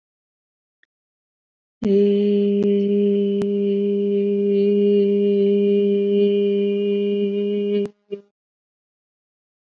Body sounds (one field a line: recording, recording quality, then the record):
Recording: sustained vowel as in made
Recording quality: excellent, no background noise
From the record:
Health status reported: COVID-19 positive, no symptoms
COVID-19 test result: positive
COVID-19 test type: RT-PCR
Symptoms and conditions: cold, fatigue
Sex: female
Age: 26 years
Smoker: no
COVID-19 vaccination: both doses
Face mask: not worn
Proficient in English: yes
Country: India